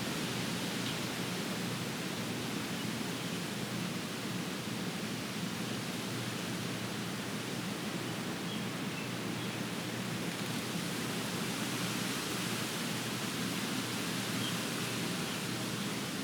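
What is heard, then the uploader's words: Wind rushes steadily through the trees, a dense, even hiss that fills everything from low rumble to bright top. The level holds constant throughout, with no gust rising or falling, only a faint shimmer of leaves within the rush. Wind in the trees. A warm windy day with occasional gusts happening every five to ten minutes.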